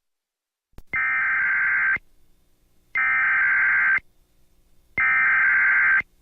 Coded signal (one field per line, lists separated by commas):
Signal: Emergency Alert System (SAME) tones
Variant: header bursts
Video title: Just An EAS Scenario